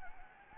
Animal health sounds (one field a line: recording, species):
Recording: mosquito wingbeat signal from an infrared sensor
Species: Anopheles gambiae